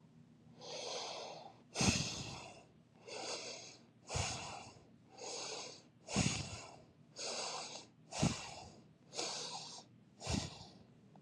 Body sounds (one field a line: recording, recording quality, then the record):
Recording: shallow breathing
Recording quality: excellent, no background noise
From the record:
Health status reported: exposed to COVID-19, no respiratory illness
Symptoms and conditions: none ticked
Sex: female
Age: 29 years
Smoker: not ticked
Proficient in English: yes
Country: United States